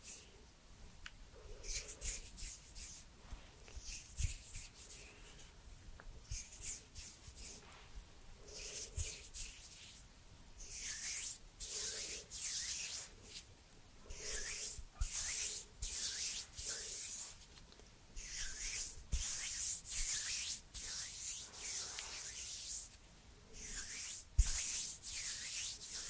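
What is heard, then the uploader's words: Hands rub and brush together in repeated soft, hissy strokes, some short and some drawn out over a second or two. The strokes come in irregular bursts with brief pauses, and a few small taps and clicks land between them, one sharper near the end. Cozy hand sounds and movements.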